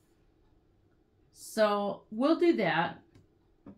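Someone talks while handling a hinged metal or plastic braille slate, feeling for its holes and lining up paper before pulling the hinged half down to close onto its locating pins and hold the paper. Only quiet handling sounds follow the talking, and nothing has seated or clicked yet.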